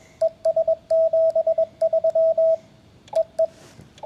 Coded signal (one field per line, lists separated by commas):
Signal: Morse code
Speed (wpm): 21 wpm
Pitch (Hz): 650 Hz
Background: radio noise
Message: ES 73 EE